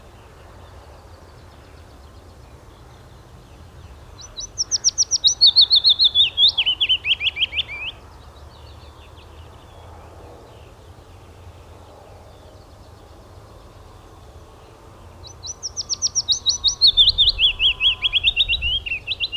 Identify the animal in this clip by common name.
Willow Warbler